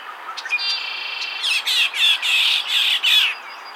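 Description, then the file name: Red-winged Blackbird: a few clipped introductory notes and a flat buzz, then a loud, harsh pulsed trill of about six rasping bursts. "Agelaius phoeniceus - Red-winged Blackbird"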